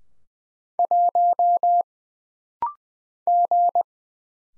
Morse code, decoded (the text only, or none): 1 G